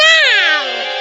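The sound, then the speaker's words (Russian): An angry cat lets out a single loud, strained yowl that starts high and slides downward in pitch, held for about a second with no other sounds around it. “приняв светящиеся глаза кошки за горящие угли, сунул в них лучину. Но какой же кошке это понравится?”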